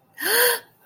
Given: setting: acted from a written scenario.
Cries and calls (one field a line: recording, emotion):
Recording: vocal sound without words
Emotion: negative surprise